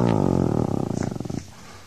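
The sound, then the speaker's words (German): A low, throaty animal growl rumbles for over a second in rapid rhythmic pulses, then cuts off and leaves near silence. “Denn da links habe ich so ein leises Knurren gehört.”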